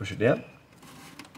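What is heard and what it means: A DDR memory module is handled and pushed down toward the desktop motherboard DIMM slot of a Lenovo Legion T5 28IMB05, with plastic retention tabs. Someone talks over soft handling noise, and brief faint taps come near 1.2 and 1.4 s. Nothing has seated or clicked yet.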